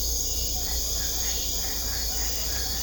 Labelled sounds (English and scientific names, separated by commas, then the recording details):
none
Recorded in secondary vegetation near Puerto Asís, Putumayo, Colombia, on 16 December 2024 at 21:30
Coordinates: 0.500, -76.326
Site G065